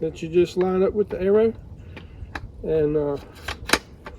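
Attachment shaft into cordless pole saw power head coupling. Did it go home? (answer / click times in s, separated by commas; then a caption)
yes / 3.7 s. Someone talks while lining the notch on a Milwaukee cordless pole saw attachment shaft up with the arrow and pushing it into the power head coupling. After a few short, sharp sounds, a bright click at 3.7 s marks the push-button latch engaging. The attachment is seated, and the spin knob is then snugged hand tight.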